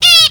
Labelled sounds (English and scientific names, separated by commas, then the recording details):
Zebra Finch (Taeniopygia guttata) distance call
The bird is a male
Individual mal8